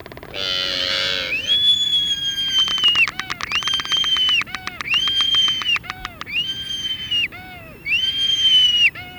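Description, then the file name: Black-footed albatross calls: a harsh opening note, then long whistled tones repeated about every two seconds, with clicks between them. "Black footed Albatross Phoebastria nigripes"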